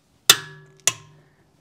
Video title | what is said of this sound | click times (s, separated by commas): How To Use A Torque Wrench For Beginners - 2022 | So, that second click was it releasing. | 0.3 s, 0.9 s